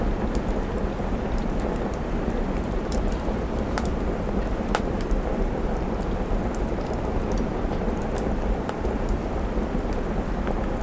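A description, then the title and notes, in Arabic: A fireplace crackles while gentle autumn rain falls and wind brushes softly against a window. A steady, dense low rush fills the whole stretch, with sharp little pops and snaps scattered irregularly throughout, a few louder ones near four and five seconds. مدفأة دافئة | مطر الخريف على النافذة. مدفأة نار تتقدقد ومطر الخريف اللطيف والرياح التي تداعب النافذة بهدوء.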